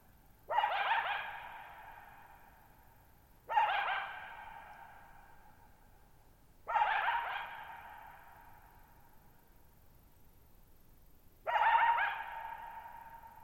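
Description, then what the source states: Coyote barking four times, a few seconds apart, each harsh bark followed by a long, slowly fading echo. Lone coyote at night, July 14, 2019, Thirtymile Meadows, Okanogan National Forest, Okanogan High Country, Pacific Northwest; 6400 ft (1950 m) shallow bowl-shaped meadow on a high dry plateau, boggy ground.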